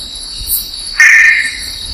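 Amphibian call: one loud, rasping burst lasting about half a second, over a steady high insect hum.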